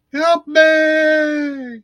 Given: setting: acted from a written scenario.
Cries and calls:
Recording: vocal sound without words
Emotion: distress

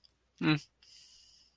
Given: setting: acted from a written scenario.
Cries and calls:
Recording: vocal sound without words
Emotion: neutral

